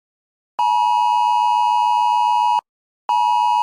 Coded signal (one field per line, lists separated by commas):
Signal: Emergency Alert System (SAME) tones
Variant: 853 and 960 Hz attention tone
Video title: EAS Scenario: World War 3